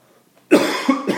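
After a brief quiet moment, an adult man gives a loud, harsh cough that runs into one or two further rougher bursts in quick succession, a short coughing fit in a small room.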